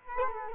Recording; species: mosquito wingbeat signal from an infrared sensor; Culex quinquefasciatus